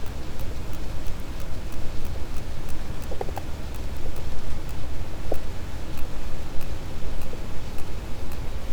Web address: Physeter Macrocephalus cachalot